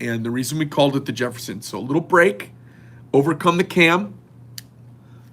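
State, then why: Seated. A person talks while the blade of a slipjoint folding knife is closed partway over the cam. At 4.6 s the blade clicks into the half-stop safety detent on the backspring with one sharp, short hit, seating it there.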